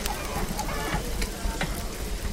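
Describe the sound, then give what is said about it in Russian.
Something is stirred in a pot, a few soft scraping clicks over a steady sizzling hiss, with faint kitchen bustle and no clear talk. “Ника мешает что-то в кастрюле.”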